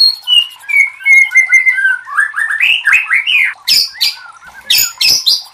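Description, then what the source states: White-rumped shama song: a descending series of whistles, then a quick run of rising notes and explosive high harsh bursts. Masteran (training recording for cage birds) of murai batu, titled 'Labaik'.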